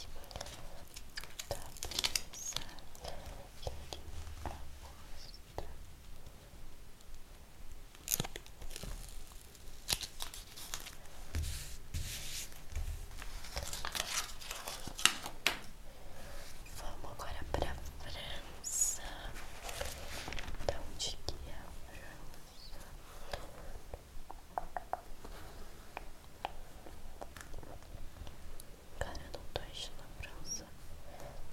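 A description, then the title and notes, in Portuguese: Sticker packets for a World Cup album are opened and pasted in. Quick bursts of crisp paper tearing, crinkling and sharp snips come in irregular clusters throughout, over a faint low rumble with occasional soft thumps. ASMR ABRINDO FIGURINHAS DA COPA DO MUNDO 2022 E COLANDO NO ALBUM.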